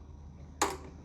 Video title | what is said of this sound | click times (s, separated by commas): Camplux 5L Portable Hot Water Heater System - Full Setup Review! | So this one will snap into place upon the adapter right there. | 0.6 s